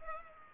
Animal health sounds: mosquito wingbeat signal from an infrared sensor; Culex pipiens

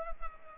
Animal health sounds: mosquito wingbeat signal from an infrared sensor; Culex pipiens

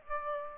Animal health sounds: mosquito wingbeat signal from an infrared sensor; Aedes aegypti

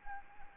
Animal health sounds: mosquito wingbeat signal from an infrared sensor; Anopheles gambiae

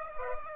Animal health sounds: mosquito wingbeat signal from an infrared sensor; Aedes aegypti

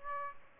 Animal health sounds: mosquito wingbeat signal from an infrared sensor; Aedes aegypti

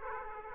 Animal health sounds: mosquito wingbeat signal from an infrared sensor; Aedes aegypti

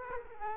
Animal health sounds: mosquito wingbeat signal from an infrared sensor; Culex quinquefasciatus

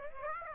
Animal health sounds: mosquito wingbeat signal from an infrared sensor; Aedes aegypti

